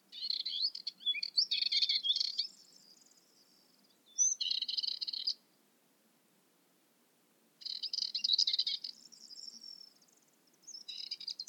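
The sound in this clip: Bird song: bursts of rapid high chattering and twitters, with a sharp whistled note and pauses between phrases.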